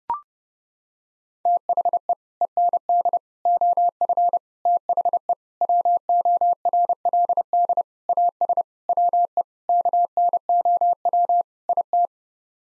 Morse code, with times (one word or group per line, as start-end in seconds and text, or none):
1.5-2.1 THE
2.4-3.2 END
3.5-4.4 OF
4.7-5.3 THE
5.6-7.8 WORLD
8.1-8.6 AS
8.9-9.4 WE
9.7-11.4 KNOW
11.7-12.1 IT